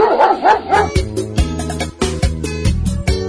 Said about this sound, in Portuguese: Eu cheguei em frente ao portão. Meu cachorro me sorriu latindo.